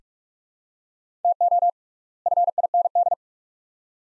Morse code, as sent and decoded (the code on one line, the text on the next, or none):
- --- / ..-. .. -. -..
TO FIND